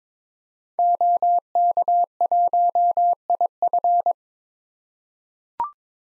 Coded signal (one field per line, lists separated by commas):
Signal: Morse code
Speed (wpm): 22 wpm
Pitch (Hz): 700 Hz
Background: none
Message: OK1IF